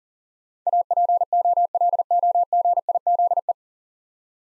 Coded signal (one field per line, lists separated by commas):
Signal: Morse code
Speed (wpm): 37 wpm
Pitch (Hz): 700 Hz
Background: none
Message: APOLOGIZE